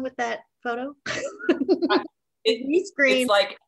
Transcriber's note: laughing